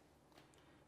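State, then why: Not seated. The internal battery of a Dell G5 15 SE 5590 laptop is handled as it is set back into the chassis, ready to be pushed down onto the mainboard. A low, steady hum runs throughout, with faint, brief handling rustles near 0.4 s and 0.5 s. Nothing has seated or clicked yet.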